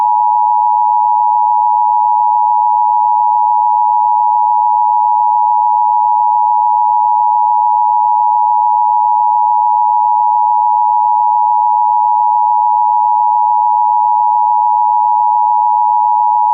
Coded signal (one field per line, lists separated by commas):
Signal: Emergency Alert System (SAME) tones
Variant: 853 and 960 Hz attention tone